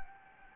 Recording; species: mosquito wingbeat signal from an infrared sensor; Anopheles gambiae